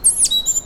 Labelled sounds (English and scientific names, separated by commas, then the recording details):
Stitchbird (Notiomystis cincta) song
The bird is a male
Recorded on Tiritiri Matangi Island, New Zealand, in 2005
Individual 1, of nest box 1